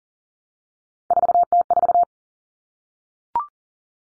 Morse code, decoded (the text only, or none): 4T4